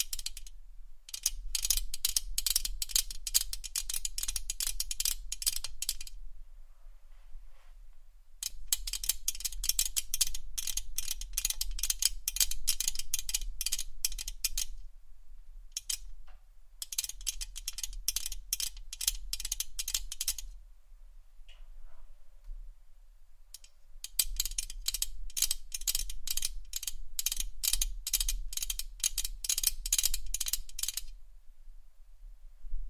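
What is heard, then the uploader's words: Fast, dense fingertip tapping on a camera comes in long bursts of crisp, bright clicks, with short quiet pauses near 7, 15 and 21 seconds. The tapping is steady within each burst, over a faint low hum throughout. ASMR FACE TAPPING Camera Tapping （No Talking）.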